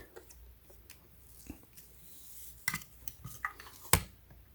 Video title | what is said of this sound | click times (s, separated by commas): In-Depth Full Review Black + Decker Flex Lithium Ion Car Auto Portable Vacuum Pros & Cons Tested! | and then just push forward until you hear a click. | 3.9 s